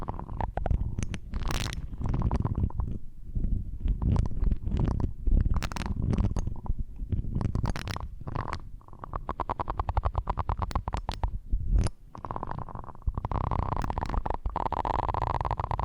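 Scratching and brushing sounds fill the whole stretch, a dense run of quick rough strokes with a deep rumbling underlayer. Bright bristly swishes stand out near 1.5, 5.5 and 12 seconds. After about 13 seconds the strokes turn into a smoother, steadier rubbing.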